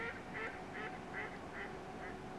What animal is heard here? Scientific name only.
Anas platyrhynchos